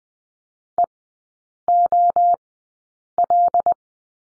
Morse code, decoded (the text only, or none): EOL